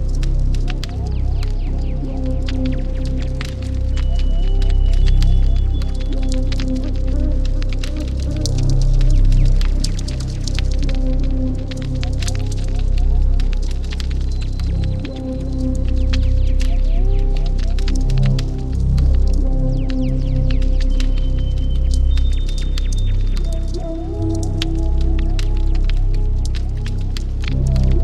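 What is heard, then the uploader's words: A campfire crackles steadily, with sharp pops scattered densely throughout. Beneath it runs a heavy, continuous bass rumble, while wavering tones drift in and out every few seconds, and a few thin, high whistles appear briefly near 4, 15 and 22 seconds. 120 Campfire Minutes At Jaques' Twin Peaks Cabin. Campfire ambience with the twin peaks vibe. Bass, owls and a crackling fire keeping the dark at bay.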